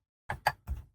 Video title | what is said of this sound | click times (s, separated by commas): BUILD The 1967 MUSTANG ELEANOR From GONE IN 60 SECONDS In 1:8 Scale - Fanhome - Fanhome - Pack 38 | and that will literally latch straight over the top of them and click into place just like that | 0.3 s